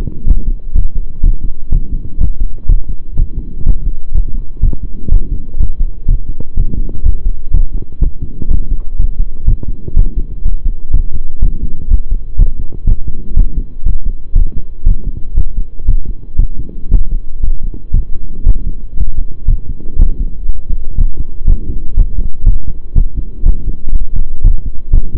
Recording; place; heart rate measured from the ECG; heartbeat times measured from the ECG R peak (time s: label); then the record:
heart sounds by stethoscope; between the tricuspid and mitral areas; 122 bpm
0.27 s: heartbeat
0.74 s: heartbeat
1.22 s: heartbeat
1.71 s: heartbeat
2.20 s: heartbeat
2.68 s: heartbeat
3.16 s: heartbeat
3.66 s: heartbeat
4.14 s: heartbeat
4.62 s: heartbeat
5.11 s: heartbeat
5.59 s: heartbeat
6.07 s: heartbeat
6.56 s: heartbeat
7.05 s: heartbeat
7.53 s: heartbeat
8.01 s: heartbeat
8.50 s: heartbeat
8.98 s: heartbeat
9.47 s: heartbeat
9.96 s: heartbeat
10.44 s: heartbeat
10.93 s: heartbeat
11.42 s: heartbeat
11.90 s: heartbeat
12.38 s: heartbeat
12.86 s: heartbeat
13.36 s: heartbeat
13.85 s: heartbeat
14.35 s: heartbeat
14.86 s: heartbeat
15.36 s: heartbeat
15.87 s: heartbeat
16.38 s: heartbeat
16.90 s: heartbeat
17.42 s: heartbeat
17.93 s: heartbeat
18.46 s: heartbeat
18.96 s: heartbeat
19.47 s: heartbeat
19.98 s: heartbeat
20.48 s: heartbeat
20.98 s: heartbeat
21.47 s: heartbeat
21.96 s: heartbeat
22.46 s: heartbeat
22.95 s: heartbeat
23.45 s: heartbeat
23.94 s: heartbeat
24.44 s: heartbeat
24.93 s: heartbeat
From the record:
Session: pedaling a stationary bicycle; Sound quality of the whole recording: saturated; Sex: male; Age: 23 years